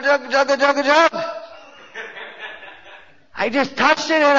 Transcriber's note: laughter